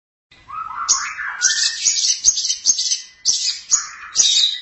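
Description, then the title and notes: Long-tailed Shrike song: a varied run of buzzy and whistled high phrases, some lower warbled notes early, with short pauses between bursts. "Pentet 201703. Suara burung pentet"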